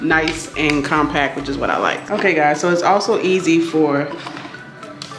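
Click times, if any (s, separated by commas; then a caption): 5.0 s. Someone talks while a plastic attachment or tube is pushed onto a Muzili cordless stick vacuum body. A sharp, short click at 5.0 s marks the attachment locking into place.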